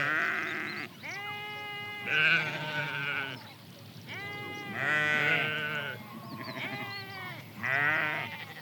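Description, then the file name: Sheep bleating: a series of wavering harmonic bleats, some higher and some lower, following one another with brief pauses. Recorded 2 March 2008. "20080302 Sheeps Close"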